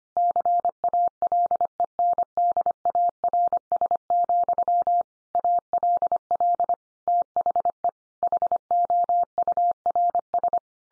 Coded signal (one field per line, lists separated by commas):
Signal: Morse code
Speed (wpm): 25 wpm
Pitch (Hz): 700 Hz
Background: none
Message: CALENDARS, ALL THE HOURS